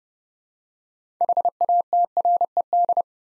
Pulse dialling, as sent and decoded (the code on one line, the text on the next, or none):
none